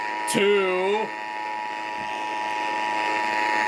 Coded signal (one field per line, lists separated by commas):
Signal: Emergency Alert System (SAME) tones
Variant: 853 and 960 Hz attention tone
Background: speech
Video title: HELLO 2018!! EAS Alerts from 1/3/18 - 1/31/18 (EAS #779 - 793)